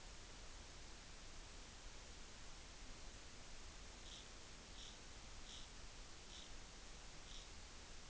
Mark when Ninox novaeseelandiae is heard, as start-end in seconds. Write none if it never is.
none